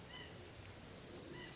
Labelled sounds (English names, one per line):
White-breasted Nuthatch